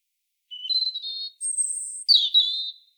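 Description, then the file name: European robin song phrase: thin high whistled notes, a steady tone, then a higher sustained note and a dropping, warbled ending, all in clean quiet air. "Erithacus rubecula"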